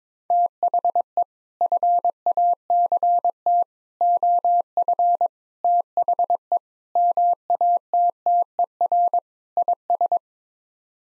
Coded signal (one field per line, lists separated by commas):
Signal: Morse code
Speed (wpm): 22 wpm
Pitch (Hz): 700 Hz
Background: none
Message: THE FACT OF THE MATTER IS